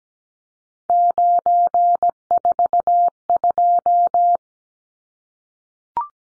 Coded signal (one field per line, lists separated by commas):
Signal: Morse code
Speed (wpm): 17 wpm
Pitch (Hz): 700 Hz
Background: none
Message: 942